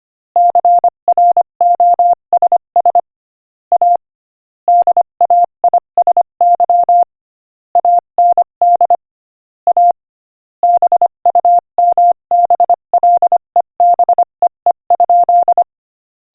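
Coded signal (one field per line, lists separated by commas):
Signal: Morse code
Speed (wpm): 25 wpm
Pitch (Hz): 700 Hz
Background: none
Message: CROSS A DAISY AND A BUMBLEBEE?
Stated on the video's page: Morse code practice at 25 wpm, sending a joke.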